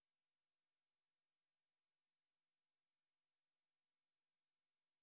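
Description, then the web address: Loki robber frog calling: short, clear, high tonal notes, evenly spaced about two seconds apart, against silence. "craugastor loki"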